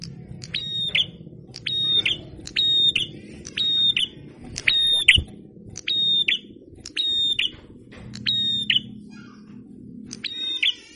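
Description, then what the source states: Prinia repeating buzzy, electric-sounding notes with a sharp onset and accented finish, about once a second, over low background rumble and a brief thud. Masteran training recording of a red-headed prenjak (prinia) in full song (gacor).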